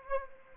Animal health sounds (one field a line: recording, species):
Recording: mosquito wingbeat signal from an infrared sensor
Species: Anopheles gambiae